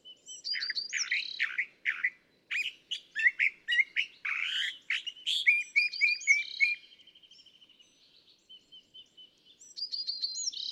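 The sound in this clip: California thrasher singing a rich jumble of slurred whistles and scratchy notes, ending in a fast rattling trill before a new phrase starts.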